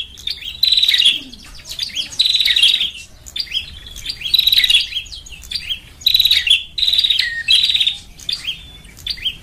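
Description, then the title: Lovebird calls: several bursts of shrill, buzzy chirps, with softer high twittering between them. Lure call for trapping lovebirds (pikat). "PIKAT BURUNG LOVEBIRD"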